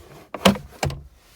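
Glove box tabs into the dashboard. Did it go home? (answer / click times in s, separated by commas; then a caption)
yes / 0.5 s, 0.8 s. The plastic glove box of a 7th or 8th generation Honda Accord is pushed back in, and its tabs are pressed into the dashboard until they click into place. Two sharp clicks sound at 0.5 s and 0.8 s, each with a softer tap just before or after. The tabs are seated.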